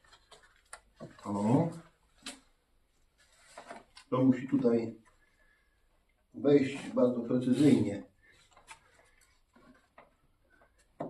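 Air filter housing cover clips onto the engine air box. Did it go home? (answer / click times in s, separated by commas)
no / none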